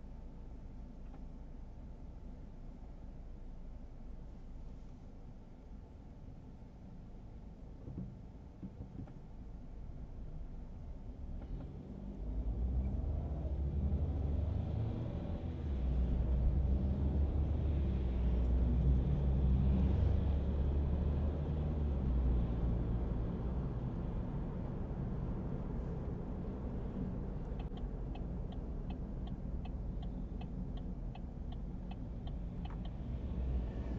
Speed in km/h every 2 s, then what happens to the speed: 18, 5, 3, 4, 3, 0, 0, 4, 6, 18, 23, 37, 44, 51, 51, 44, 35.
0-9 slows to 0. 9-13 standing. 13-25 pulls away to 51. 28-32 brakes to 35.